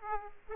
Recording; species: mosquito wingbeat signal from an infrared sensor; Aedes aegypti